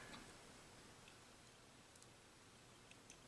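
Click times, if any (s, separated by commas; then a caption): none. A new CR2032 coin cell is placed into the plastic battery holder of a 2017–2022 Honda CR-V key fob and handled before being pressed down at the front. Faint brief taps are heard at about 2.0, 2.0, 2.9 and 3.1 seconds over steady, clock-like ticking in the background. Nothing has seated or clicked yet.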